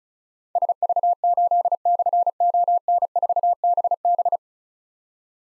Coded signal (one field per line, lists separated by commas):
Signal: Morse code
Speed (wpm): 36 wpm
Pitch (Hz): 700 Hz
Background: none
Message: SV8/ON4BB